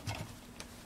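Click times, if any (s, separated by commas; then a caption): none. A pop rivet gun is squeezed repeatedly to set a rivet joining two pieces of polyethylene irrigation tubing for a collapsible hula hoop. Short ticking clicks sound around 0.1–0.2 s, with a fainter one near 0.6 s. The mandrel has not yet snapped off, so nothing has seated yet.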